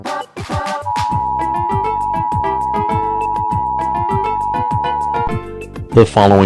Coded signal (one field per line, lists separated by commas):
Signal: Emergency Alert System (SAME) tones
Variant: 853 and 960 Hz attention tone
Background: speech, music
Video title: A Typical EAS Alert But “BAH”